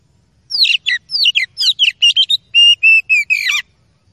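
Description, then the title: Oriental magpie-robin song: a fast run of about a dozen varied whistled and slurred notes, some falling sharply, delivered in one continuous three-second burst. Training recording (masteran) of song meant to make a listening kacer agitated and ready to fight within minutes. "KACER NGOTOT FULL TEMBAKAN. MASTERAN KACER"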